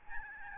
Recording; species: mosquito wingbeat signal from an infrared sensor; Aedes albopictus